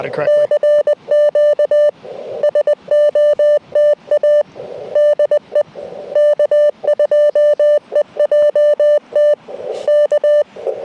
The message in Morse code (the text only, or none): CQ SOTA DE K2EJT K